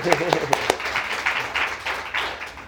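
audience applause

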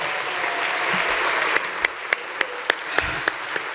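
audience applause

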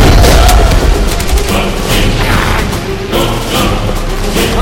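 grenade explosion

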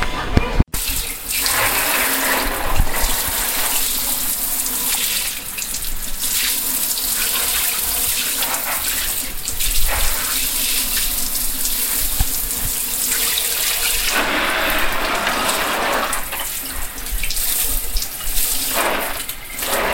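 running shower water

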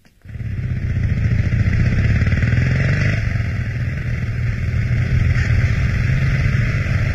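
motorcycle engine driving away

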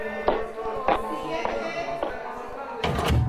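door being closed

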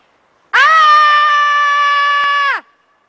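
person screaming

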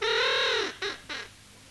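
crows cawing

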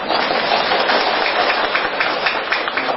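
audience applause

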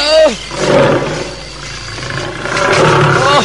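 tiger roaring

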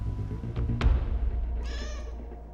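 cat meowing

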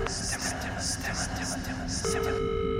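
phone call ringing unanswered

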